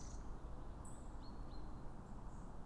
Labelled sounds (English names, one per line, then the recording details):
Great Tit
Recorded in Germany
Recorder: ecoPi